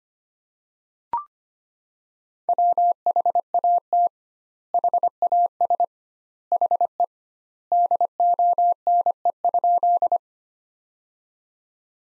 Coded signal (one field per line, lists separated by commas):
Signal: Morse code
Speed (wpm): 25 wpm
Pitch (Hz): 700 Hz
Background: none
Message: WHAT HAS HE DONE?